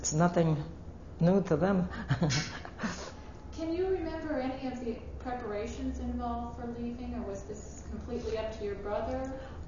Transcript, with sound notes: It's nothing new to them. (She laughs.)
Can you remember any of the preparations involved for leaving or was this completely up to your brother?